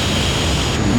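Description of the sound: Steady, even white-noise hiss like a detuned television, simulating the white-noise type of tinnitus, a persistent and annoying sound heard in one or both ears.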